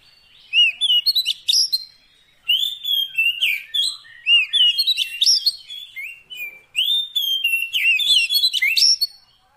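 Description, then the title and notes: Oriental magpie-robin song: an almost unbroken stream of varied whistles, trills and sharp notes with only short breaks. Kacer fill-in (isian) song, played so that a bird becomes a strong singer day and night. "Kacer Jadi Gacor Siang Malam. Isian Kacer"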